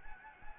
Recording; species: mosquito wingbeat signal from an infrared sensor; Anopheles gambiae